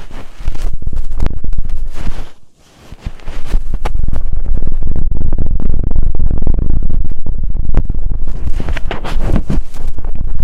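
Intense ear triggers: dense, loud crackling and tapping with rapid clicks throughout, briefly dropping away to near silence around two and a half seconds.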